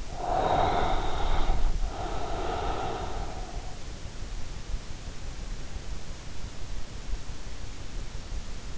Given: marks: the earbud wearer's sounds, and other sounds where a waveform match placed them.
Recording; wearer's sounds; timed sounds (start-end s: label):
sounds in sleep by an in-ear microphone; breath
0.20-3.74 s: breath